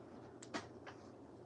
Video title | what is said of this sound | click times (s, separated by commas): Finishing the Plymouth engine rebuild! | you hear that click? That makes that means it's torn down. | 0.4 s